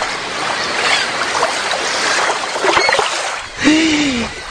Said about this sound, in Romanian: Și atunci a apărut ca din senin o șalupă pescărească.